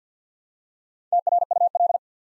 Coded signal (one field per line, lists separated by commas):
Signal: Morse code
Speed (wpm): 48 wpm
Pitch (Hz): 700 Hz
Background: none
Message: TRUL